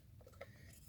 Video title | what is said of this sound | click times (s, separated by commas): vw passat 2017 oil and filter change Air filter check. car ramps. reset service alarm | usually you have to click it. You see? Did you hear that? | 0.4 s